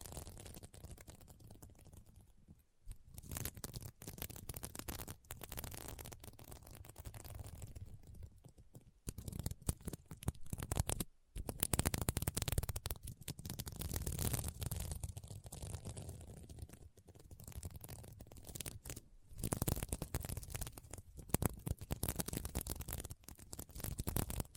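Scratching on a sequin mermaid pillow, a dense crackly rasping that runs almost nonstop for the full 25 seconds. The strokes come in quick, uneven bursts with a low rumbling undertone, broken by brief pauses near 3, 9, 11 and 19 seconds.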